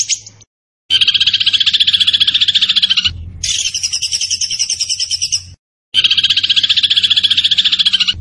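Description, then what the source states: Zebra finch song: long rattling trills of rapid pulsed notes, one higher-pitched phrase between two lower ones, with a low hum underneath. Master recording for training cage birds; the bird is described as gacor (singing constantly).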